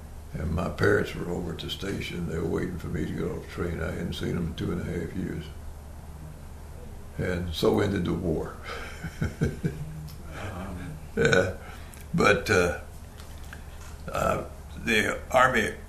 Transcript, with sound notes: and my parents were over at the station, they were waiting for me to get off the train, and I hadn’t seen them for two and a half years, and so ended the war. [Laughing] But…I, the army